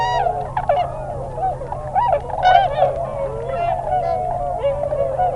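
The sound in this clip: Tundra swans calling together, a continuous jumble of bugling hoots and nasal honks, a few stronger bursts midway, low steady hum in the background.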